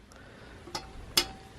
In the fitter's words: hear that little snap she's in there